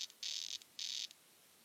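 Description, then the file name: Red-backed poison frog call: two short, harsh buzzes, each about a third of a second long, separated by a brief pause, high-pitched and insect-like. "Ranitomeya reticulata calling"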